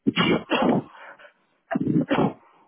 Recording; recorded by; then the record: voluntary cough; telephone call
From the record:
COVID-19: negative